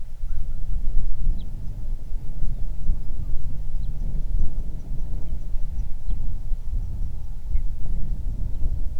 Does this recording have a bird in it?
yes